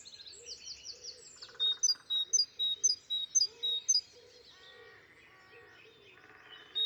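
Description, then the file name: Great tit calls, a quick run of sharp, high metallic notes repeated rapidly, with other small birds chattering and twittering at lower pitch. "Parus major"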